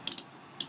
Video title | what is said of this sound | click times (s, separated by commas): 2013 Sea Hunt 211 Escape | you can hear it click when it's tight | 0.1 s, 0.2 s, 0.6 s